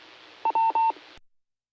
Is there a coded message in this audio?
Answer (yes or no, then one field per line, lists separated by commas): no